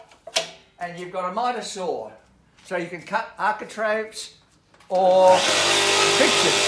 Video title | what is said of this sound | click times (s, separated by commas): Elu TGS 172 Combination Saw | up and pull it round until it clicks back in again there like that. | 0.4 s